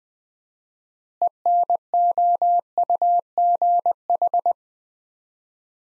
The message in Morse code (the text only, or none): ENOUGH